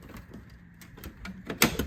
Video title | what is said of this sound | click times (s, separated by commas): Rk tunes front mount intake diy install G01 x3 M40i | and it should snap into place | 1.6 s